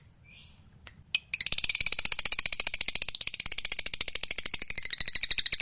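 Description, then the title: Lovebird song, a few soft high chirps, then a sudden long, fast, steady chatter of sharp ticking notes that carries on without a break. Fighter lovebird singing energetically (gacor). "SUARA Lovebird FIGHTER GACOR"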